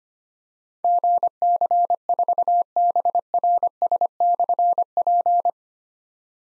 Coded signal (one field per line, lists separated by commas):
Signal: Morse code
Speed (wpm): 25 wpm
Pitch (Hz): 700 Hz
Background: none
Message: GC4BRS/P